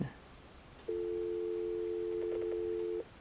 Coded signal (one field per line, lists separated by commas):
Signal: telephone call progress tone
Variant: North America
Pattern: dial tone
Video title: Accessing the Internet without an Internet connection | Dialing Into the PhreakNet BBS